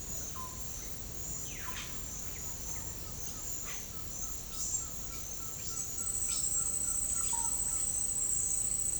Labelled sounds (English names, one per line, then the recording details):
Russet-backed Oropendola
Green-backed Trogon
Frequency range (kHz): Russet-backed Oropendola 0.4-5.7 kHz; Green-backed Trogon 1.1-2.1 kHz
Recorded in pastures near Puerto Asís, Putumayo, Colombia, on 21 December 2024 at 10:00
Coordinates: 0.496, -76.326
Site G004